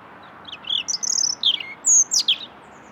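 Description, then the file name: European robin song: a rapid jumble of high, thin twittering and trilled notes with sliding whistles, several short bursts over three seconds against a faint steady hiss. "Erithacus rubecula"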